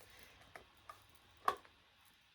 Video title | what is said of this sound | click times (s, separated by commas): VLOG - SPEND A FEW DAYS - CAMERA SHOPPING - HAULS - GRWM - VIRAL SALAD - MEAL PREP - CHIT CHAT + | heard that click | 1.5 s